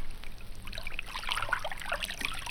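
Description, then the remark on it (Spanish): Steady rushing, bubbling water of a fast-flowing river as a needle drops into it and sinks to the bottom, with scattered small plops and gurgles throughout, a continuous moderate wash of flowing liquid with no voices. “Al reírse el gato, había dejado de mirar a la estrella y había soltado la aguja, que fue a parar al fondo del caudaloso río.”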